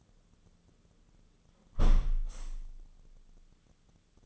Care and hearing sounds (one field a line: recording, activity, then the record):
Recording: daily activity, microphone in the room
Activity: close window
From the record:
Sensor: 4